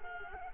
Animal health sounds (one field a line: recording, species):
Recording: mosquito wingbeat signal from an infrared sensor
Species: Culex quinquefasciatus